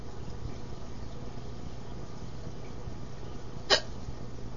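A single sharp, abrupt hiccup from an adult sounds at about 3.7 seconds against a steady low background hum. The rest of the clip is quiet, with no other hiccups in this short stretch.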